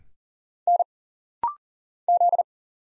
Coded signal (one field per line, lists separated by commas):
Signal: Morse code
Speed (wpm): 39 wpm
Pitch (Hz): 700 Hz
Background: none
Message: N Z